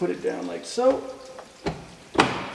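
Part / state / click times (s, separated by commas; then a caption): window switch trim panel into door armrest pocket / seated / 2.2 s. Someone talks while pressing a carbon fiber window switch face, a plastic bezel trim panel, down into the door armrest pocket of a 370Z after first inserting its front tab. A soft knock follows, then a sharp click at 2.2 s as the panel pops into place and is seated.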